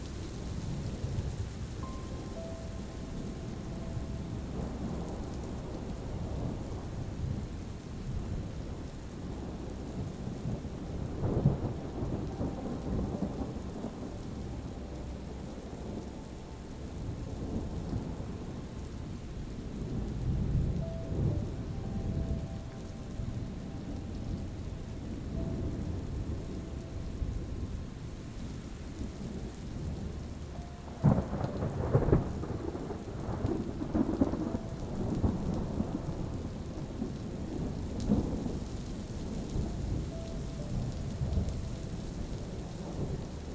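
Low rolling thunder rumbles steadily under soft rain, with sustained gentle melody tones drifting through and a sharper crack near thirty-two seconds.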